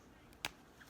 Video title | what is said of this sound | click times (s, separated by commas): FreeStyle Lebre 2 | see how easy that was you hear it click | 0.4 s